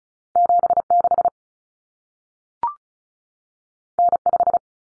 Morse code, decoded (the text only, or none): 76 N5